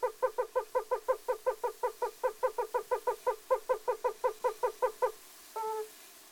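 Yellow-bellied toad giving soft, hollow harmonic notes repeated rapidly and steadily for about five seconds, then a single longer note after a short pause.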